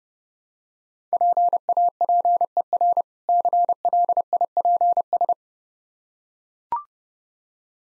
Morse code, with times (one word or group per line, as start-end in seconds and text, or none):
1.1-3.0 PAPER
3.3-5.3 CLIPS